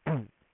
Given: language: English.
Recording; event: throat vibration sensor signal played as sound; throat clearing